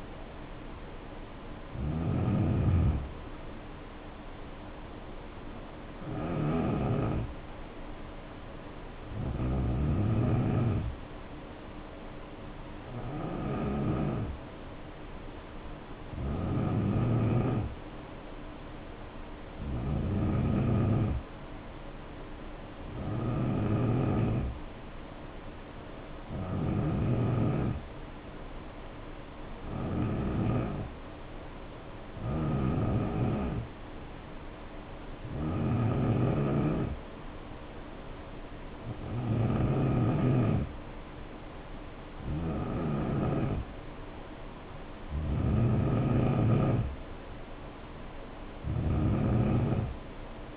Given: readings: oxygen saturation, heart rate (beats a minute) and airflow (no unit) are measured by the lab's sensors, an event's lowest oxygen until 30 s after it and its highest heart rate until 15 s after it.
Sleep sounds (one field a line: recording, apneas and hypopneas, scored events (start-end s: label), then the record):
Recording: breathing in sleep by a voice recorder at the bedside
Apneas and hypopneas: 1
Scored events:
12.00-44.70 s: hypopnea (N3, oxygen 93% highest, then 89% lowest, heart rate 68 at the start, 74 highest)
27.00-50.57 s: new sleep stage, N2 (light sleep)
From the record:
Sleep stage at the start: N3 (deep sleep)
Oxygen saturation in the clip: 89 to 93%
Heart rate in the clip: 62 to 74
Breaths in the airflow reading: 15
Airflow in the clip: -5.8 to 4.2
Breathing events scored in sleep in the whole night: 520 in 7.2 hours asleep